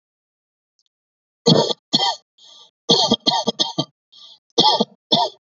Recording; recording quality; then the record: heavy voluntary cough; excellent, no background noise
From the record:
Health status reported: healthy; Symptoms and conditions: none ticked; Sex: male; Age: 25 years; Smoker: yes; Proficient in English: yes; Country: India